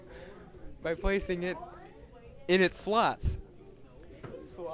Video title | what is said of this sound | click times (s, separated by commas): HOW TO INSTALL CPU! | slot you'll hear a click you might have to push firmly but you'll hear it | 4.2 s